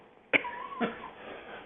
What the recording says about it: It just struck me like an allergy, and I had to cough.